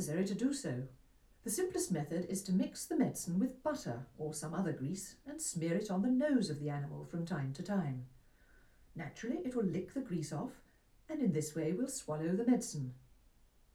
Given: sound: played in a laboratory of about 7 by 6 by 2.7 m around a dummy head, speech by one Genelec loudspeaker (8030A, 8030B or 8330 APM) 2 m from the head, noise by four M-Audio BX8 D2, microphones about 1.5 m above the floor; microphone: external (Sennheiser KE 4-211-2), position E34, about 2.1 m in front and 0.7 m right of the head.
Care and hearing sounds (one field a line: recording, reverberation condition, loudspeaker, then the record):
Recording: female speech in English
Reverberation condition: low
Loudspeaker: 120 degrees to the right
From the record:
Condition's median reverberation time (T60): about 310 ms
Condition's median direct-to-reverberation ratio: about 3.5 dB